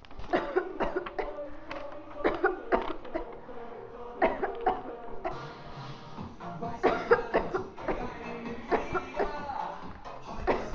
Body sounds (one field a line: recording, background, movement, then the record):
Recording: voluntary coughing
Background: music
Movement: walking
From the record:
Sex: female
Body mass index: 18.8 kg/m2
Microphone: on the chest, facing outward